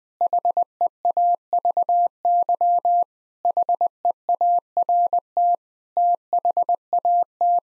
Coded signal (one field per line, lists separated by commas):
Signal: Morse code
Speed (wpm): 20 wpm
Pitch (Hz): 700 Hz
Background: none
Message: HEAVY HEART THAT